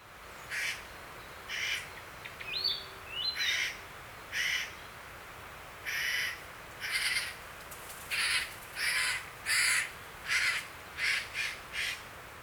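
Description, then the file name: Eurasian jay giving a long series of harsh, rasping screeches at irregular intervals, plus a few brief higher whistled notes early on. "kakesu"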